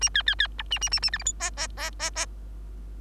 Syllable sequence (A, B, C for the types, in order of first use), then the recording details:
A B B B C A A A A D E F G G G G G. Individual Bird3